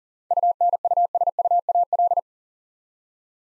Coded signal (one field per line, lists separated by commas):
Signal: Morse code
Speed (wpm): 40 wpm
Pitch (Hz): 700 Hz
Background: none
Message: UNUSUAL